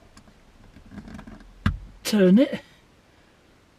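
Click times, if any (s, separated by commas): 1.7 s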